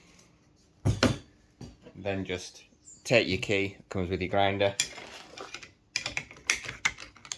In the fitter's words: so we'll keep our finger firmly pressed on that twist at the bottom until it clicks in